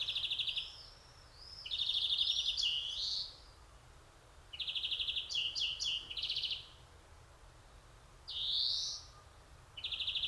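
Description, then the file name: European greenfinch with ringing rattled trills and a rising nasal wheeze, phrases separated by pauses. "Chloris chloris"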